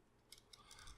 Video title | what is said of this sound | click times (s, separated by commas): Nemesis Reviews Transformers Power of the Primes Predaking | goes all the way in like that clicks in place and | 0.3 s, 0.5 s